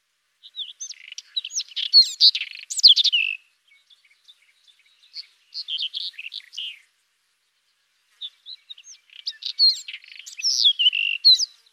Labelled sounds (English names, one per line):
White-throated Robin song